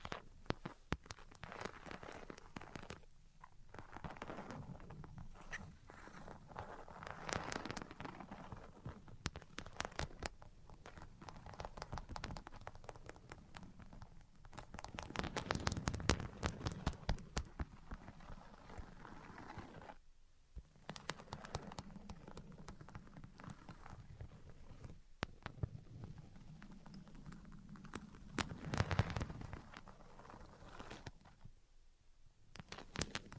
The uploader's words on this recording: Tapping, Scratching, and Tracing Sounds. (No Talking).